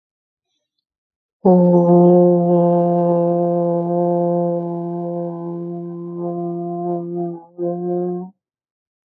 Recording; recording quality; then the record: sustained vowel as in boot; excellent, no background noise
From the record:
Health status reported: healthy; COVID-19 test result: not tested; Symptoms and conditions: fatigue, muscle pain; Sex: male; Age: 37 years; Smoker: not ticked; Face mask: not worn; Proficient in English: yes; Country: India